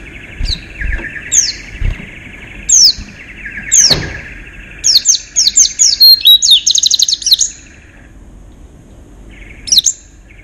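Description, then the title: White-eye twittering song, quick high chirps in fast runs, a longer rattling burst in the middle, then brief quiet before another phrase. "Pleci. Haji Ifa Kudus"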